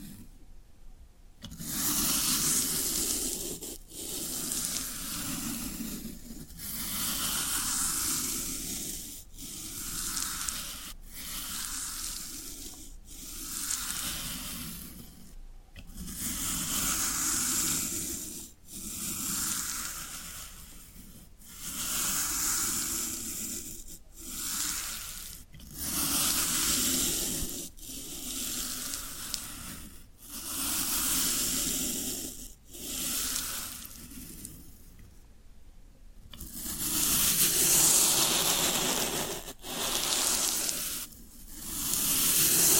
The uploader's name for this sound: Satisfying Tingle Stimulating Floral Foam Sounds